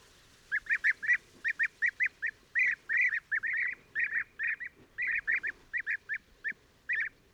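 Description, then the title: European bee-eaters giving rapid rolling, liquid calls, many birds overlapping in a steady chatter throughout. Pre-migration roost gathering in a very large acacia, Oasis Mayateg, Adrar, Mauritania, 22 February 2019, recorded in the evening and at morning waking; Tlp7 and MixPre 3. "Dortoir de Guêpier d'Europe - Mauritanie"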